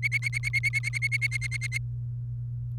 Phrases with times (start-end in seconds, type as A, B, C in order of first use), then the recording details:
0.03-1.78 A. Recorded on 30 April 2018 at 07:59. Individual llb3